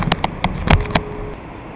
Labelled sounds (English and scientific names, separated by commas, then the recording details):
Anna's Hummingbird (Calypte anna)
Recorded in Sonoma County, California